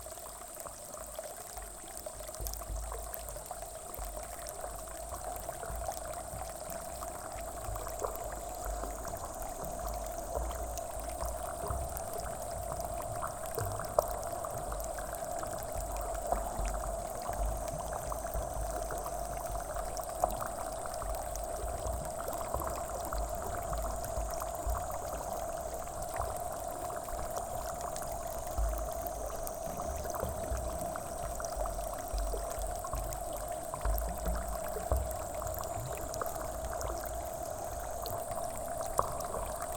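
Field recording in Kyoto: steady, dense rushing water with a constant low-mid tone and a thin high hiss, unchanging throughout.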